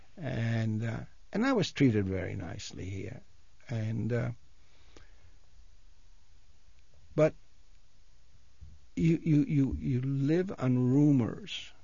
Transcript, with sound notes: And, and I was treated very nicely here. And, (he pauses) but, you live on rumors.